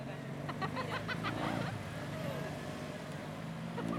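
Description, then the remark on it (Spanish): Car engines rumble steadily in a low drone on a two-way neighbourhood street, with a brief rising and falling whine early on as a vehicle lowers its revs and rolls over a speed bump. “Están los que pasan re bestia y están los que conocen que hay una loma de burrito.”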